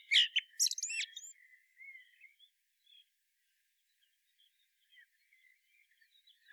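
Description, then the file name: Common blackbird song opening with a loud mellow phrase and squeaky flourish, then trailing off into faint, scattered warbled notes. "Turdus merula"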